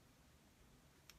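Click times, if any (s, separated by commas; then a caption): 1.1 s. The flap of a full patent-leather Louis Vuitton Ana clutch is let fall shut, and its magnetic closure catches with one soft tick at 1.1 s over quiet, steady background noise. The magnet is fully caught and the flap stays closed.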